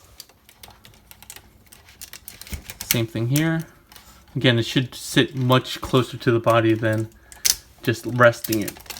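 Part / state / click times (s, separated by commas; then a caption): tab piece into the chest of a transforming robot figure / not seated / none. Someone talks while handling the second tab piece on the other side of the chest of a Fans Toys FT-16 Sovereign pre-production sample transforming robot figure, pushing it in so it sits closer to the body. Short, sharp taps and ticks come from the handling, in a cluster near 2.3 to 2.8 seconds and again right at the end. The tab piece has not seated or clicked home yet.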